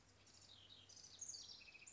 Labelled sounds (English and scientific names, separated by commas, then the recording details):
House Wren (Troglodytes aedon)
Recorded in Sonoma County, California